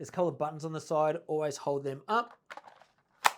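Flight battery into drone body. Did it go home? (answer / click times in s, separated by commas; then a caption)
yes / 3.3 s. A flight battery is slid into a drone body with the colored side buttons held up, while someone talks. After a few faint taps, a sharp click at 3.3 s marks the battery latching and locking into place.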